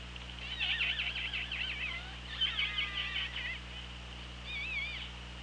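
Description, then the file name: Killer whale calls, rapidly wavering harmonic notes in two bursts, then a short warbling call near the end, with steady low hum beneath. OrcaLab hydrophone recording, 24 August 2017, 17:35. "Orca Lab UTLN JASON 20170824 173512"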